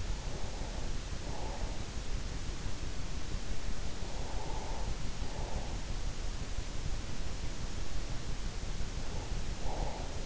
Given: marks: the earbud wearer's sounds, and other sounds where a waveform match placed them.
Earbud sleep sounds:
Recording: sounds in sleep by an in-ear microphone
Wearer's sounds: breath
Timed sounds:
0.00-1.95 s: breath
3.89-6.00 s: breath
8.98-10.26 s: breath

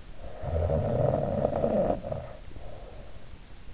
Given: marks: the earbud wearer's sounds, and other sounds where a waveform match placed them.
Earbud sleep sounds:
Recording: sounds in sleep by an in-ear microphone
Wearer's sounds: snoring breath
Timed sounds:
0.24-3.33 s: snoring breath

